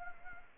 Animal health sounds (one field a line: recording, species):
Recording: mosquito wingbeat signal from an infrared sensor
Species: Anopheles arabiensis